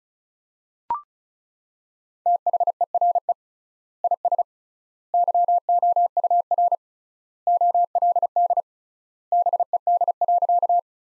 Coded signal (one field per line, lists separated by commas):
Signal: Morse code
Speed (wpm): 34 wpm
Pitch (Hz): 700 Hz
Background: none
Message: THERE IS YOUR OLD BED.